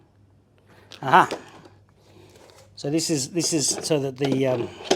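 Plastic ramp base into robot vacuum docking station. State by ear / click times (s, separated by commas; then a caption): seated / 0.9 s. A plastic ramp base is pushed into the slots of an Ecovacs Deebot X11 OmniCyclone robot vacuum's docking station, and it clicks into place at 0.9 s. The click is followed by a short reaction and then someone talks, showing the base is seated.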